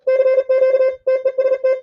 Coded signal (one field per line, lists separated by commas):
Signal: Morse code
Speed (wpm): 37 wpm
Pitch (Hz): 520 Hz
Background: none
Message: CQ TEST